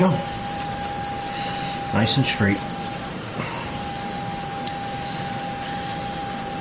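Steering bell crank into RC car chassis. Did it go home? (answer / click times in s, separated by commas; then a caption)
no / none. Someone talks briefly around 2.0–2.6 s while the steering bell crank assembly of a Traxxas Rustler RC truck is lined up in the bottom of its plastic chassis before being pressed down, over a steady background hum with faint high tones. Nothing has seated or clicked yet in this clip.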